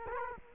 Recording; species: mosquito wingbeat signal from an infrared sensor; Culex quinquefasciatus